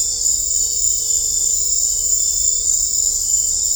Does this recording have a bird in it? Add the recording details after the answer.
no. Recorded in dense forest near Puerto Asís, Putumayo, Colombia, on 21 December 2024 at 19:30. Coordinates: 0.500, -76.322. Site G053